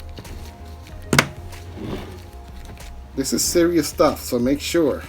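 A plastic lid tab latch on a rodent bait station box for rat poison is pressed home, and the lid pops shut and locks with sharp clicks at 1.1 s and 1.2 s, confirming it is fully locked. Quieter handling taps follow, and then someone talks.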